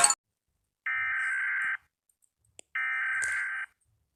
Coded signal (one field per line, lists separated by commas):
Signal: Emergency Alert System (SAME) tones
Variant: header bursts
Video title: rating my eas alarms